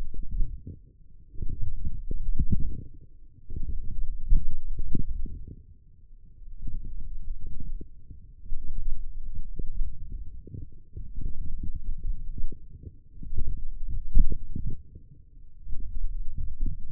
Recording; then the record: forearm muscle sounds (acoustic myography)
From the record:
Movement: forearm supination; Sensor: system 1, eight BSWA MPA416 microphones around the upper forearm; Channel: 8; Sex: male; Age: 20 years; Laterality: left